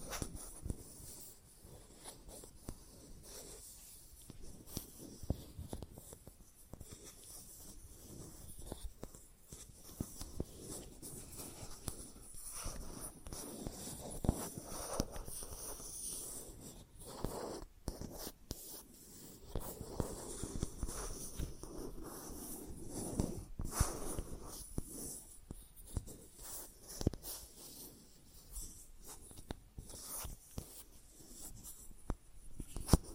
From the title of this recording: Plastic Objects Tapping and Scratching